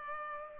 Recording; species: mosquito wingbeat signal from an infrared sensor; Culex pipiens